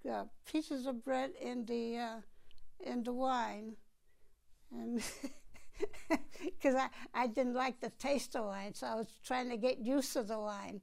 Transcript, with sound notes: pieces of bread in the, uh, in the wine, and... ( she laughs ) Because I didn't like the taste of wine, so I was trying to get used to the wine.